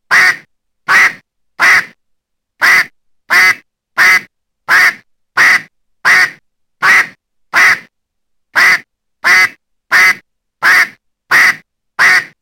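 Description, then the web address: Mallard: a long series of many loud, rasping quacks at a steady pace, with a few brief pauses between short runs. Summons call (Polish 'wezwanie'). "krzyzowka wezwanie"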